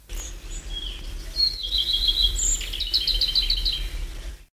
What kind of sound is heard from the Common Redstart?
song